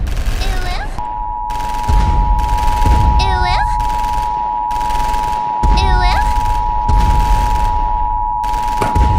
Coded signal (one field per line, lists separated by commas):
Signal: Emergency Alert System (SAME) tones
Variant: 853 and 960 Hz attention tone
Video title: The Anime Girls Strike Back - A sequel EAS scenario